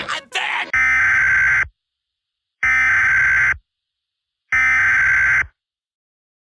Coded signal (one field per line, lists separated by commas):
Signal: Emergency Alert System (SAME) tones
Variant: header bursts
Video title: Squidward Does The EAS Alarm!